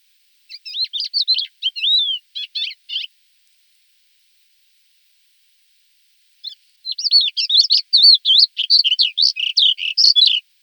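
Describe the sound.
Thekla's lark song in two bursts of quick, varied twittering phrases separated by several seconds of silence, the second burst louder and longer.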